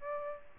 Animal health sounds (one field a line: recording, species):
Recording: mosquito wingbeat signal from an infrared sensor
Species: Aedes aegypti